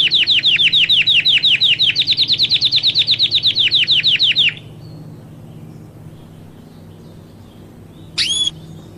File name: canto do canario belga cabeca lisa australiana